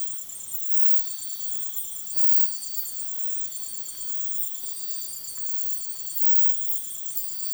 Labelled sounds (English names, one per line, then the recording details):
none
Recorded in dense forest near Puerto Asís, Putumayo, Colombia, on 19 February 2024 at 05:00
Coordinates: 0.505, -76.324
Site G6467